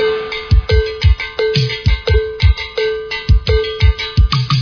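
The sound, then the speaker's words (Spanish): A bright, clanking cowbell (campana) keeps a steady salsa pattern over punchy low drum hits and busy percussion in a concert, with no voices heard. “Muévanse sabroso, pero escuchen la campana.”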